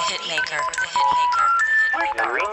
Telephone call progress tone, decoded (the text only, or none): special information tone